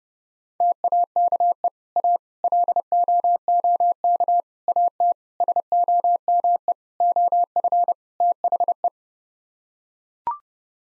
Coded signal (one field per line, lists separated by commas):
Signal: Morse code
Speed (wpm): 30 wpm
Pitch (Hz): 700 Hz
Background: none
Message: TAKE A LOOK AT SOME OF THE